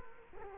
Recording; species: mosquito wingbeat signal from an infrared sensor; Culex quinquefasciatus